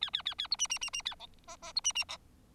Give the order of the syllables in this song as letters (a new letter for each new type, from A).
A A A A B C C C C A D E E B C C E